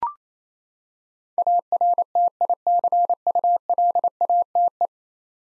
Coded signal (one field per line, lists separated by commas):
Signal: Morse code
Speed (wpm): 28 wpm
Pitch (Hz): 700 Hz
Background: none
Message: ARTICULATE